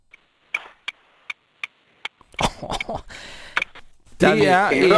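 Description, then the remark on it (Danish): Someone imitates a car's turn-signal relay with mouth clicks so that listeners can guess the car: about six crisp, evenly spaced ticks, then a burst of rustling noise and loud voices talking over it. “Kan du aktivere blinklys-relæ-imitatoren, således at vi kan høre, om vi kan gætte?”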